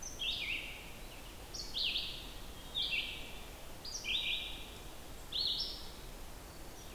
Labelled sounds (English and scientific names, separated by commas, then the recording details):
Red-eyed Vireo (Vireo olivaceus) song
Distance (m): 40 m
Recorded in boreal forest in Alberta, Canada, on 14 June 2016 at 06:56
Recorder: SongMeter 3, array SBT-3-33
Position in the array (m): 133 m, 156 m